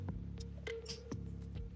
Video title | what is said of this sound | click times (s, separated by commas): Quick Tech Tip - Sig 365 Back Plate Removal & Installation | now it locks into place | 0.7 s